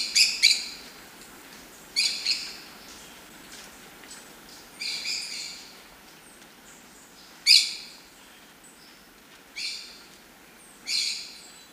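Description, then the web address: Maroon-tailed parakeet calls: harsh, grating screeches in short bursts, some paired, spaced irregularly one to three seconds apart, with a faint background hiss. Recorded in Ecuador, South America. "Birds of Ecuador. Maroon-tailed Parakeet"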